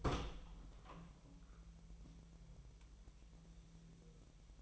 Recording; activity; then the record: daily activity, microphone in the room; open door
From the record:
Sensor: 1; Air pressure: 1001.3 hPa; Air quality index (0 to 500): 249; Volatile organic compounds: 143 ppm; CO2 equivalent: 3989 ppm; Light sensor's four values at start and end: 12/30/12/13 and 13/31/12/14